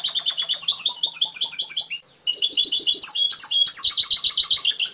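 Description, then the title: Canary pouring out near-continuous high, rapid trills that change pitch and tempo, broken only by a brief pause midway. Canary training (masteran) song with full isian content. "mster Mnuk. Masteran Kenari"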